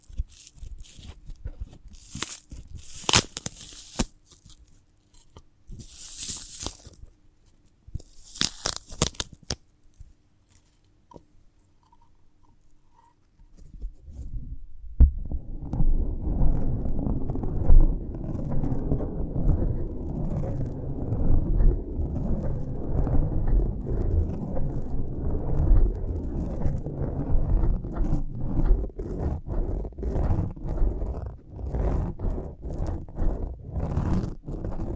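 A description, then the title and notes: A sprouted coconut is handled, starting with sharp bright scrapes and crackles in bursts during the first ten seconds, then a near-silent pause. From about fifteen seconds on comes dense, low, continuous rubbing and crunching with quick repeated ticks, steady until the end. ASMR of a Sprouted Coconut (No Talking).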